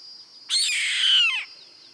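Bird uttering a single grating, rasping screech close to a second long with a sliding downward ending, set against a continuous thin high tone.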